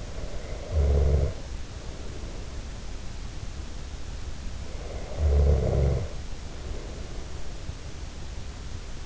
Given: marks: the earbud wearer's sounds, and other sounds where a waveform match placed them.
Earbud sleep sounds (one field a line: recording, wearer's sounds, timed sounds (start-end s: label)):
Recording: sounds in sleep by an in-ear microphone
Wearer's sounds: snoring breath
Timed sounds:
0.00-3.18 s: snoring breath
4.97-7.83 s: snoring breath